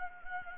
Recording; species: mosquito wingbeat signal from an infrared sensor; Anopheles gambiae